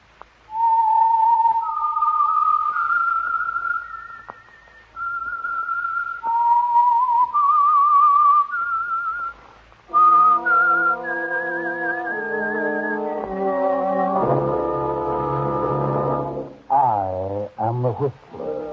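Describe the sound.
A lone whistler carries a slow, eerie signature melody of rising and falling notes, the whistle identifying the Signal Oil program, The Whistler. The tune is then picked up by a full orchestra, whose swelling chords end with a dramatic flourish.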